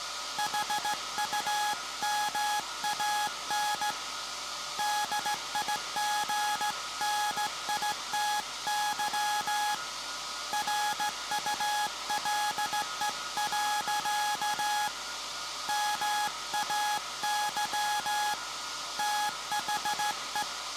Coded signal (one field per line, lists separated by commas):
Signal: Morse code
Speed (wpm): 16 wpm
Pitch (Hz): 840 Hz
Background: none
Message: HUMAN DIGNITY RULE. MAY THE